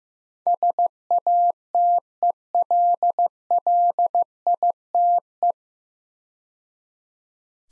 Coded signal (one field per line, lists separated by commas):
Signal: Morse code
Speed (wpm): 15 wpm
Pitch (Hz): 700 Hz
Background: none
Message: SATELLITE